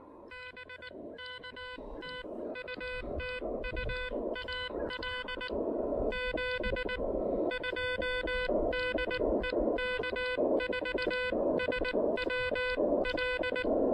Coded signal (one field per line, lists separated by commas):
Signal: Morse code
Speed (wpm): 19 wpm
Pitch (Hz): 1500 Hz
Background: none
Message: BK TU TU AL 72 DE K4SWL